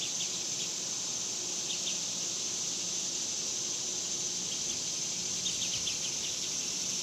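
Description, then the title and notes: Cicadas buzzing in a steady high whine, with small clusters of quick faint chirps breaking in now and then above a low hum. Several cicadas recorded outdoors in summer in a suburban area. "Ext Summer Cicadas, Suburbs by Bandeto"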